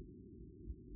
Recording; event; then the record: neck accelerometer signal played as sound; no cough (speech, laughter, throat clearing or background)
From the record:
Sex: male